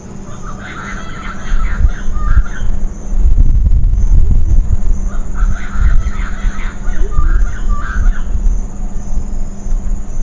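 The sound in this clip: Bird calls in two chattering bursts, one at the start and one after the midpoint, beneath heavy low-frequency rumbling and a steady hum.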